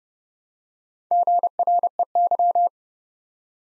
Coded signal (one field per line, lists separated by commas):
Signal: Morse code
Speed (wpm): 29 wpm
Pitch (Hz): 700 Hz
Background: none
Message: GREY